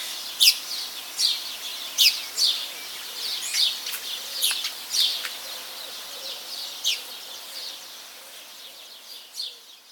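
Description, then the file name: Eurasian magpie making a series of sharp, rasping notes at irregular intervals, tailing off into quieter scattered notes, with soft high chirping in the background. "Pica pica"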